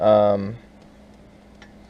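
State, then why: Seated. Someone talks briefly at the start, then a plastic radio mounting bracket piece is slid into the dash console opening of a 1984 Trans Am. It snaps into place with a small, sharp click at 1.6 s, and the piece is seated.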